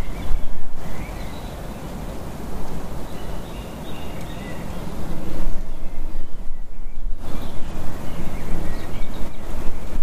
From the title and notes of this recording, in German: Sonnenaufgang. Die Vögel sind schon eine Stunde vorher wach, allerdings im März noch etwas verhalten.